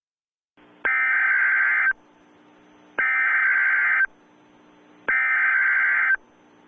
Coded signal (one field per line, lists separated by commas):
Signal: Emergency Alert System (SAME) tones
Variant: header bursts